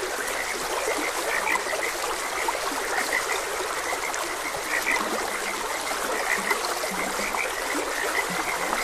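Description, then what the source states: Croaking frogs form a busy chorus of short repeated notes over a steadily trickling stream. Frogs croaking beside a gentle stream; continuous nature ambience.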